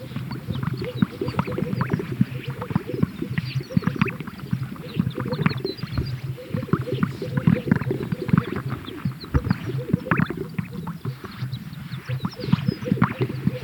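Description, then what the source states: Greater sage-grouse: a crowded chorus of low bubbling pops and swishing sounds repeating without pause from numerous birds. At a lek.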